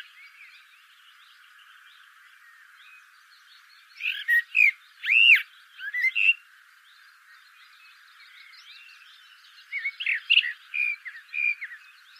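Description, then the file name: Eurasian blackbird singing two phrases of fluty, swooping whistles separated by a quiet pause, over steady background noise. "Turdus merula"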